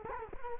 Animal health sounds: mosquito wingbeat signal from an infrared sensor; Culex quinquefasciatus

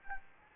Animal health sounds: mosquito wingbeat signal from an infrared sensor; Anopheles gambiae

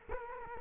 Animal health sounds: mosquito wingbeat signal from an infrared sensor; Culex quinquefasciatus

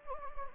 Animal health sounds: mosquito wingbeat signal from an infrared sensor; Anopheles gambiae

